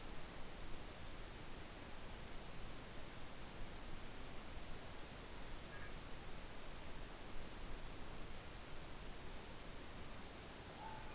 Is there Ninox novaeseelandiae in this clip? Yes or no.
no